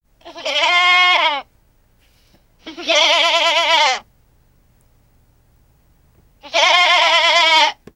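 Animal: goat-like bleating, three loud wavering nasal bleats, each about a second long, with quiet gaps between them.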